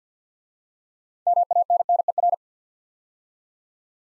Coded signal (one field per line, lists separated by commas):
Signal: Morse code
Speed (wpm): 51 wpm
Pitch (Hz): 700 Hz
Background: none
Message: MANNER